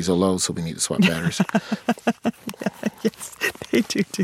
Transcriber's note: laughter